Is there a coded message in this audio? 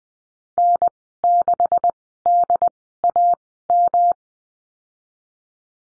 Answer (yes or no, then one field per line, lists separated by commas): yes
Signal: Morse code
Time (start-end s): 0.6-4.1 s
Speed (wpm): 20 wpm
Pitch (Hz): 700 Hz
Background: none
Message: N6DAM